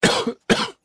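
Two short, forceful voluntary coughs from an adult, about half a second apart, made into a computer microphone. Each is an explosive burst that fades within roughly 0.3 seconds, with no distinctive wet or wheezy quality.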